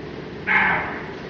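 Roe deer bark: a single short, hoarse, harsh bark with a sharp onset that fades over about a third of a second, over steady background hiss.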